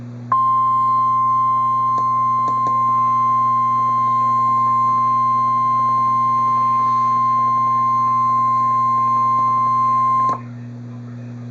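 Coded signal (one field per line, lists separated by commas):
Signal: Emergency Alert System (SAME) tones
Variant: 1050 Hz attention tone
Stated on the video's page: Real NOAA Weather Radio severe thunderstorm and tornado warning alerts.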